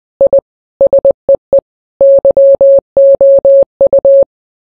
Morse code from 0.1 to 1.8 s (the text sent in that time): I SEE